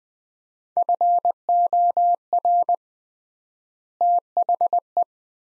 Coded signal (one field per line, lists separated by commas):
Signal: Morse code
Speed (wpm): 20 wpm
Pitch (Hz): 700 Hz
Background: none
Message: FOR THE